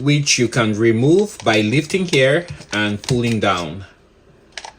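A plastic belt clip on the back of a Sony Walkman WM-F2015 portable cassette player is handled while someone talks for most of the clip. After the talking stops, two brief sharp handling taps come at about 4.6 s. The clip is not yet home, and nothing has seated or clicked yet.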